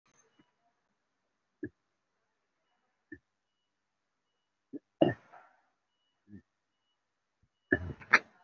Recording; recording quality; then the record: deep breathing; moderate, slight background noise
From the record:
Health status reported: recovered from COVID-19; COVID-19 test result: positive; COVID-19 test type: RT-PCR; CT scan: taken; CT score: 0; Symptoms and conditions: cough, cold, breathing difficulty, fatigue, muscle pain, asthma, chronic lung disease, pneumonia, another respiratory illness, hypertension, another condition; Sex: male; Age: 54 years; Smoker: yes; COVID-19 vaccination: both doses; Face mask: worn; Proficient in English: no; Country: India